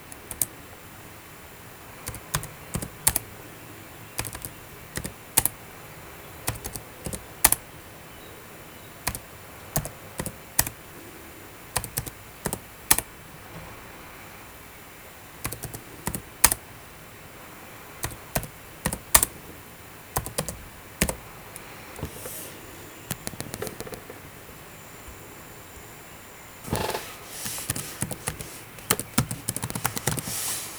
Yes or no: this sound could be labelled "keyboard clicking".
yes